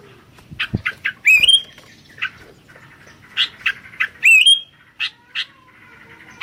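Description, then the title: Sooty-headed bulbul calling with short clipped chirps and two loud upslurred whistles that flatten out, set among softer irregular notes. "kutilang"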